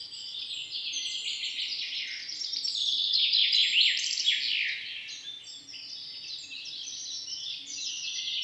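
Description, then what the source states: Dense bird chorus of high chirps and buzzy trills, strongest near four seconds, then softer twittering carrying on. Morning bird song.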